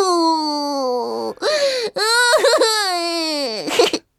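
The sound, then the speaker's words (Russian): A girl wails loudly in long, high-pitched, sustained cries, broken by brief gasping breaths between bursts, with wavering, sobbing pitch throughout. “Что за рев? Там не стадо ли коров? Нет, там не коровушка. Это Ганя-ревушка. Плачет, заливается”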